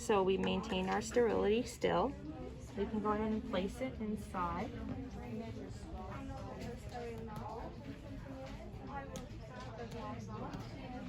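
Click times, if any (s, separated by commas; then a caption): none. Someone talks while a cleaned inner cannula is handled and brought back toward the tracheostomy tube in the patient, to be placed inside while sterility is still maintained. The inner cannula has not yet clicked into the tracheostomy tube by the end of the clip.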